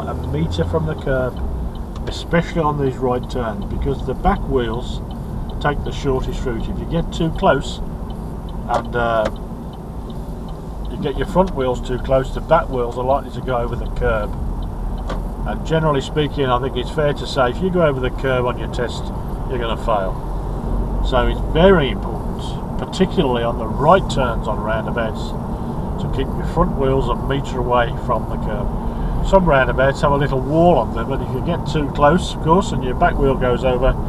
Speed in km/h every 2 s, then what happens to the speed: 19, 21, 21, 23, 21, 23, 23, 26, 29, 34, 35, 40, 40, 40, 40, 42, 42.
0-12 steady at about 21. 12-22 speeds up to 40. 22-34 steady at about 40.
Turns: 0-10.